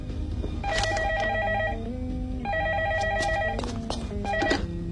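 A telephone rings twice, each ring a steady electronic warble with bright, layered tones, separated by a short gap, over a low background hum with faint clatter.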